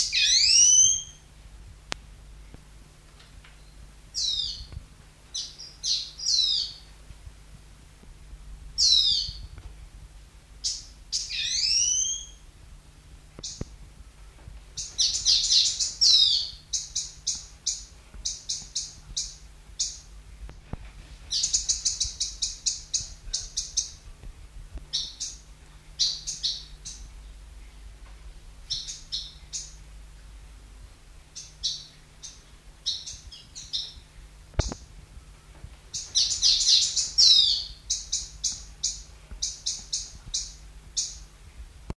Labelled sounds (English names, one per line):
Black-rumped Waxbill call